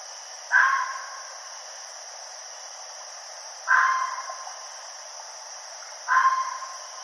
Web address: Red Fox 2012 06 29 Red Fox